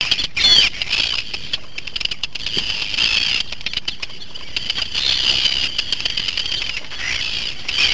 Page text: West Fjords, 27-29 June. aggressive arctic terns